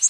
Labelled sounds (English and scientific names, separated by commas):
Northern Waterthrush (Parkesia noveboracensis) flight call